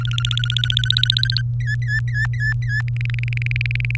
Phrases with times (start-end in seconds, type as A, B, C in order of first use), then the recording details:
0.00-1.41 A, 1.60-2.81 B, 2.88-3.96 C. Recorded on 23 April 2018 at 17:41. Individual llb3